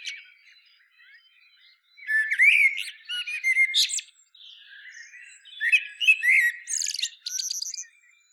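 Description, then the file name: Common blackbird song with two full phrases of fluted whistles and strained, high twitters, separated by quieter warbling. "Turdus merula"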